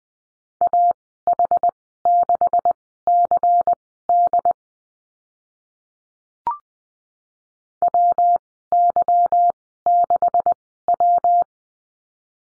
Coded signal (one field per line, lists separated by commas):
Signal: Morse code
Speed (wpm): 20 wpm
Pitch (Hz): 700 Hz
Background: none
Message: AH6CD WY6W